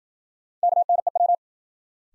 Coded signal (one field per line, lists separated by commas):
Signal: Morse code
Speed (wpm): 54 wpm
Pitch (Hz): 700 Hz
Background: none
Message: KNEW